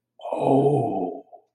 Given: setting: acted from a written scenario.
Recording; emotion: vocal sound without words; ecstasy